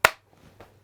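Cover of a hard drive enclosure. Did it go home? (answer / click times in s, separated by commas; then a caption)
yes / 0.0 s. The plastic cover of an Inateck USB 3.0 SATA hard drive enclosure is slid back on and located in the slots on the side. It snaps shut with a sharp click at 0.1 s, followed by a fainter knock at 0.6 s. The cover is seated back in place.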